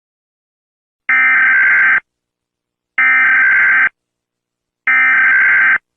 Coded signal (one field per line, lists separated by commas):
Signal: Emergency Alert System (SAME) tones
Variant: header bursts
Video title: Mellonween VALID EAS TONES